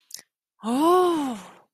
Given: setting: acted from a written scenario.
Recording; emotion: vocal sound without words; realization